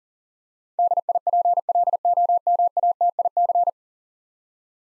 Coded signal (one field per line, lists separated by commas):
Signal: Morse code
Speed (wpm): 37 wpm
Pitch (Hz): 700 Hz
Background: none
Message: DIPLOMATIC